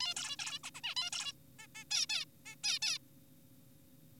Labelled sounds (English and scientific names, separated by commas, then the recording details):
Zebra Finch (Taeniopygia guttata)
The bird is an adult
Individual g4p5U